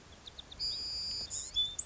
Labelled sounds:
White-crowned Sparrow (Zonotrichia leucophrys)
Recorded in Sonoma County, California

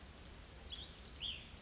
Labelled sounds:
Cassin's Vireo (Vireo cassinii)
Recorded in Sonoma County, California

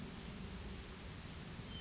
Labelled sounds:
California Towhee (Melozone crissalis)
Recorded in Sonoma County, California

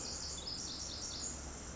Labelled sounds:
Pacific Wren (Troglodytes pacificus)
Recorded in Sonoma County, California

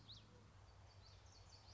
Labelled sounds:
Common Yellowthroat (Geothlypis trichas)
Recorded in Sonoma County, California

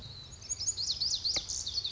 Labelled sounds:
Lazuli Bunting (Passerina amoena)
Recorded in Sonoma County, California

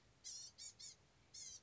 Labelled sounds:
Blue-gray Gnatcatcher (Polioptila caerulea)
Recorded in Sonoma County, California

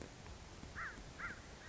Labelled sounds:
American Crow (Corvus brachyrhynchos)
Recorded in Sonoma County, California

